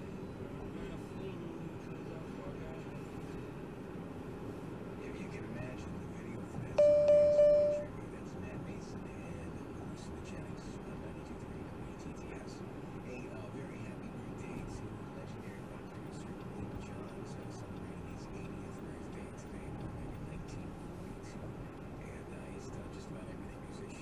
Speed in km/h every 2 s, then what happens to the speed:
55, 61, 66, 68, 66, 66, 64, 64, 66, 68, 68, 66.
0-5 speeds up to 68. 5-24 steady at about 66.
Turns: none.